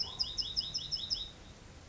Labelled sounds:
California Towhee
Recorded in Sonoma County, California

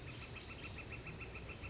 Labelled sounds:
Northern Flicker
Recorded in Sonoma County, California

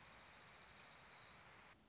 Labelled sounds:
Orange-crowned Warbler
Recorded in Sonoma County, California

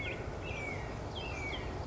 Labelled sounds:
Red-shouldered Hawk
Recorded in Sonoma County, California

